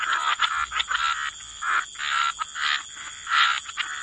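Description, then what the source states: Croaking frogs, grating notes in clumps with short gaps between, backed by a continuous high-pitched tone. Frog chorus mixed with white noise, for sleep.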